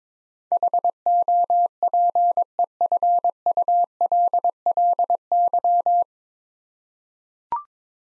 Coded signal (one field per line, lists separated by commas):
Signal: Morse code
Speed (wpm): 22 wpm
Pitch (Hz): 700 Hz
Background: none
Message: HOPEFULLY